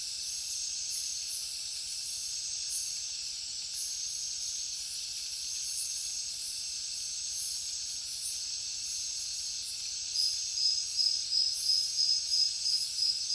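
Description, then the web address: Crickets in a steady shrill chorus, joined after about ten seconds by a louder rhythmic pulsing trill. Heavy cricket chorus in a jungle at night. "papadroid sound Nature Jungle Night Heavy Crickets"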